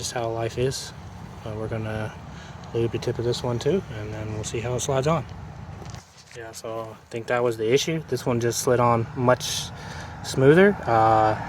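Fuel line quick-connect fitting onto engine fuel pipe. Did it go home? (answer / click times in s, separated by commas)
yes / 5.9 s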